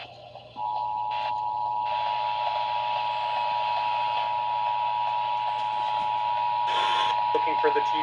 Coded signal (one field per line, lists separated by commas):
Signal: Emergency Alert System (SAME) tones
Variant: 853 and 960 Hz attention tone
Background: speech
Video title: OH GREAT ONLY ONE FOR SVR... EAS Alerts from 7/12/25 (EAS#4,279 - #4,294)